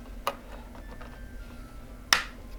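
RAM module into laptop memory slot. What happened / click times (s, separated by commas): The memory module snapped home / 2.1 s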